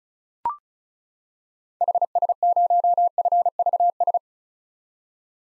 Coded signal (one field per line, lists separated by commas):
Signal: Morse code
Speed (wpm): 36 wpm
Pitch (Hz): 700 Hz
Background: none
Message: HS0FVS